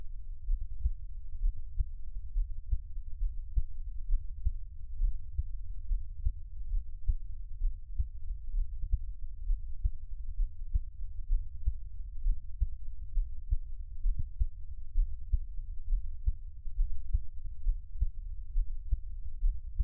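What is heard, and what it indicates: Deep, soft thumps repeat steadily at about 65 beats a minute with a low background hum and no speech. This is an adult's own resting heartbeat heard up close, with no talking.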